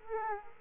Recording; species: mosquito wingbeat signal from an infrared sensor; Aedes aegypti